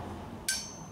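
A new torque-limiting valve core tool tightens a valve core into a valve stem, and its clutch gives a single sharp click at 0.5 s when it reaches its set torque. The bright, high-pitched click briefly rings and then fades against quiet background noise. The tool stops at its setting, so the valve core cannot be over-tightened.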